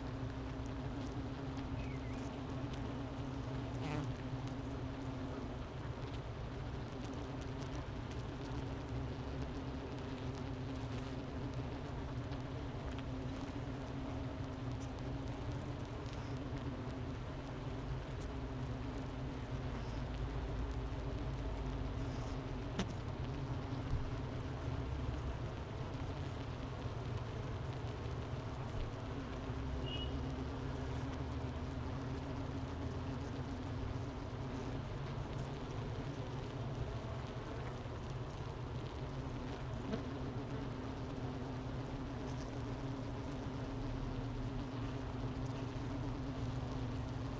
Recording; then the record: honeybee colony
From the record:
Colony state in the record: missing queen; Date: 31 May 2018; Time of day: 10:22